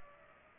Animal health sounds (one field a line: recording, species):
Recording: mosquito wingbeat signal from an infrared sensor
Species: Culex pipiens